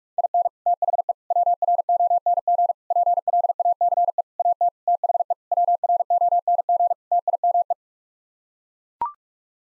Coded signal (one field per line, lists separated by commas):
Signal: Morse code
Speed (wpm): 41 wpm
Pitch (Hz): 700 Hz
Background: none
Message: IN THE WRONG PLACE AT THE WRONG TIME